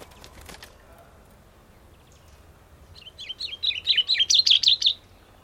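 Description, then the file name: Common chaffinch song: a quick series of bright chirping notes that grows louder toward the end, after faint clicks at the start. "Fringilla coelebs"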